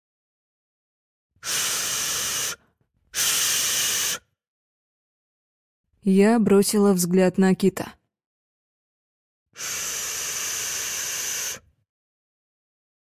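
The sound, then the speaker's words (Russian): Harsh, steady static hisses from a two-way radio in three bursts, two short ones close together and a longer one later, with a woman briefly speaking in the gap between them. “Его напряженный взгляд, как и десятка других бойцов, стоящих за ним, сверлил шипящую рацию.”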